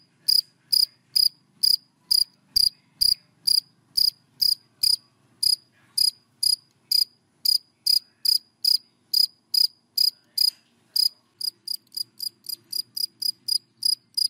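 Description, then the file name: Cricket chirps, loud and shrill at a steady pace, then speeding into quicker, softer pulses near the end. Crickets calling, given by the Vietnamese names dế mèn, dế cơm and dế than. "Tieng de men de com de than keu"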